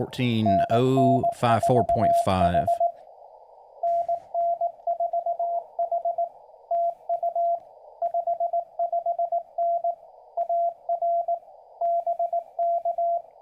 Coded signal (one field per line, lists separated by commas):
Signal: Morse code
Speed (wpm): 18 wpm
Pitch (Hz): 680 Hz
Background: speech, radio noise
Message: NN4H NN4H TU 55N AR BK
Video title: Lets Hunt Some POTA!